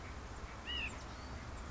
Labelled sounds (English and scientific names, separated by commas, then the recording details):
California Quail (Callipepla californica)
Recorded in Sonoma County, California